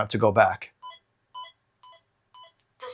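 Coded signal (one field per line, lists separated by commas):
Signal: none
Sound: lightsaber sound board beeps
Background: speech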